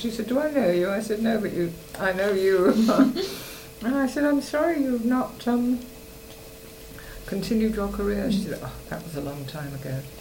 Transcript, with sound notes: She said, "Do I know you?" I said, "No, but I know you." [laughs] And I said, "I'm sorry you've not continued your career." She said, "Oh-- that was a long ago."